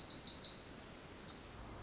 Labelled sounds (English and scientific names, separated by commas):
Pacific Wren (Troglodytes pacificus)